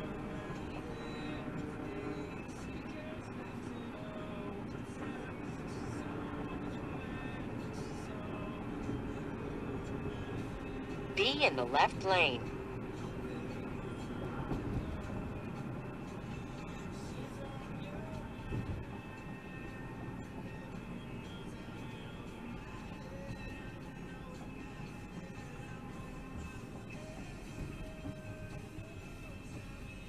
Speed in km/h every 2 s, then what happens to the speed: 82, 79, 79, 77, 76, 71, 68, 64, 61, 60, 60, 58, 55, 47, 39.
0-17 slows to 60. 21-30 slows to 39.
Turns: none.